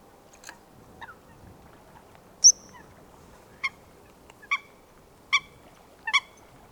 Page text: Foulque macroule Fulica atra. Foulque macroule - Audrey Beauduc. Ecouter la Foulque macroule